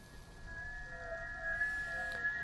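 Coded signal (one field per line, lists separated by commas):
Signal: FT8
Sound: several overlapping pure tones slowly stepping in pitch, like soft warbling organ notes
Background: radio static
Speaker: we've already got the radio on here we're on 20 meters so it sounds like a bunch of people on there 4 ft 8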